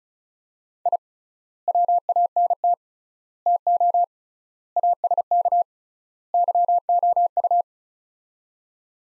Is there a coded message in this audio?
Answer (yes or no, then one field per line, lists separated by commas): yes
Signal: Morse code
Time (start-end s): 0.9-7.6 s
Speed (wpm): 36 wpm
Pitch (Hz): 700 Hz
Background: none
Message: I WANT TO ASK YOU